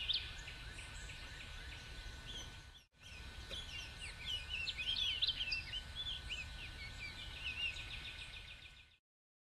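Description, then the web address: Bird chorus: many overlapping chirps and whistled twitters from several birds, with a steady hum and a brief break in the sound early on. Bexar County, Texas; morning of 26 March 2006; many birds calling. "bexar Many Birds 20060326 AM"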